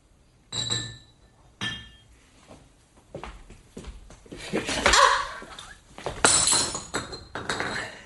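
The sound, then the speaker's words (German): Glass clinks sharply a few times, with bright ringing tones, followed by a softer stretch of handling and trickling sounds of Scotch whisky from a bottle being poured into a glass, then more clinking near the end. “In dem Schrank, da sehe ich eine Flasche. Schottischer Whisky, echter.”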